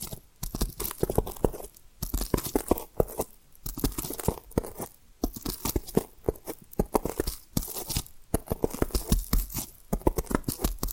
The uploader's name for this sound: Hypnotic Tapping & Scratching Sounds